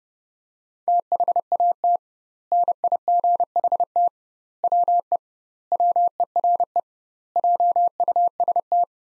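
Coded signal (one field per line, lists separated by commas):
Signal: Morse code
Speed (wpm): 30 wpm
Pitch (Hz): 700 Hz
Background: none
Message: THAT NIGHT WE WERE JUST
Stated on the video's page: Morse code practice: sentences from the top 300 words sent at 30 wpm with twice standard word spacing, a word-level analogue of Farnsworth spacing.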